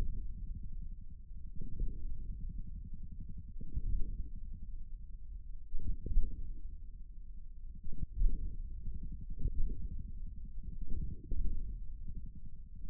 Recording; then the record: forearm muscle sounds (acoustic myography)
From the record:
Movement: hook grip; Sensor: system 1, eight BSWA MPA416 microphones around the upper forearm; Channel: 8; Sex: male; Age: 41 years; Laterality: right